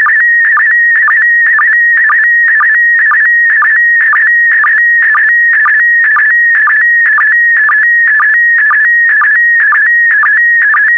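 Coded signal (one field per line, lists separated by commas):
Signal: SSTV (slow-scan television)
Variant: PD120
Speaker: Five, four, three, two, one. Transmission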